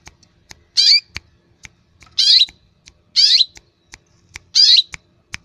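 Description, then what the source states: Long-tailed shrike song: four harsh, rasping notes with sharp clicks between them. Masteran training recording for caged songbirds.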